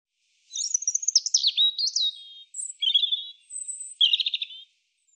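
European robin song: a clean phrase of high thin whistles and quick warbled trills, ending in a rapid buzzy trill, over complete silence.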